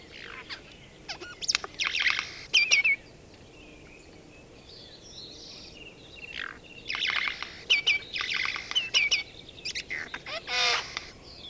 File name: Garrulus glandarius